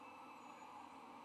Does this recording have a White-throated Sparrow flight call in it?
no